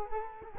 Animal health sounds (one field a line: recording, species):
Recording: mosquito wingbeat signal from an infrared sensor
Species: Culex quinquefasciatus